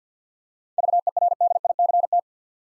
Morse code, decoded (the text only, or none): VERDICT